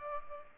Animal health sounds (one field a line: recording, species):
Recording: mosquito wingbeat signal from an infrared sensor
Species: Culex pipiens